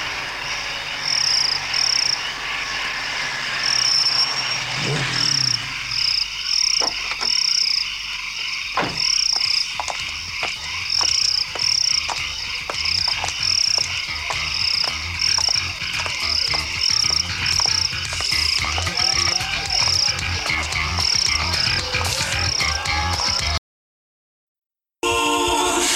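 A steady chorus of high, shrill cricket chirps pulses in a continuous rhythm over a low background hum, with many overlapping callers, breaking off briefly near the end before resuming.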